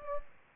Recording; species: mosquito wingbeat signal from an infrared sensor; Anopheles gambiae